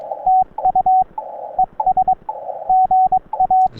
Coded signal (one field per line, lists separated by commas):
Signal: Morse code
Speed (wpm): 20 wpm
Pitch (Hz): 750 Hz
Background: radio noise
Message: TU ES GA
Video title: CW POTA Activation From Myrtle E. Hall WMA - Morse Code 20m - NB0W Ham Radio - Parks On The Air